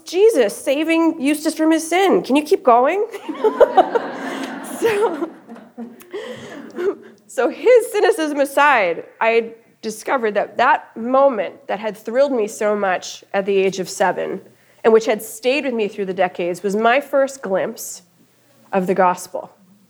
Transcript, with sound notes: It’s Jesus saving Eustace from his sin. Can you keep going?” (laughter) So, his cynicism aside, I discovered that that moment that had thrilled me so much at the age of seven, and which had stayed with me through the decades, was my first glimpse of the gospel.